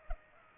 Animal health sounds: mosquito wingbeat signal from an infrared sensor; Culex pipiens

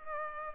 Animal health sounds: mosquito wingbeat signal from an infrared sensor; Culex pipiens

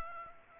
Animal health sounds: mosquito wingbeat signal from an infrared sensor; Aedes aegypti

